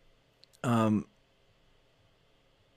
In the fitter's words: pick it up with your thumb and press until you hear a click now